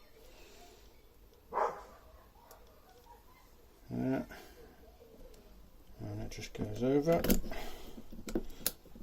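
A steel circlip is pushed over the end of the gearbox roller shaft on a Honda 536 roller mower and clicks into its groove at 8.7 s, seating to hold the roller bearing in place. Someone talks throughout, and there are faint bird coos in the background.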